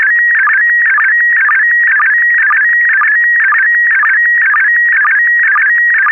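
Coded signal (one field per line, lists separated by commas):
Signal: SSTV (slow-scan television)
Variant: PD120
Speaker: this is going out PD 120.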